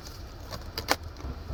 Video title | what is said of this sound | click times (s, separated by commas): How to Add Install Paddle Shifters on an Infiniti Q50 G37 | There we go. You heard that snap in place, right? So now this is all tight. | 0.8 s, 0.9 s